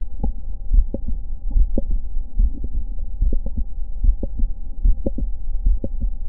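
Heart sounds at about 73 beats a minute in an adult, with an extra sharp mid-systolic click on some beats, over a steady low hum. Lying on the left side, the click is heard only on inspiration and disappears on expiration; standing, it is a steady loud mid-systolic click. A mid-systolic click is a well-known sign of mitral valve prolapse.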